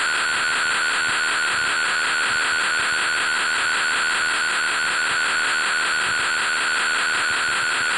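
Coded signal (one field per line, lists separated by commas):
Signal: computer data on cassette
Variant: Intellivision Keyboard Component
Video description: First two minutes of a blank Intellivision Keyboard Component BASIC data storage cassette.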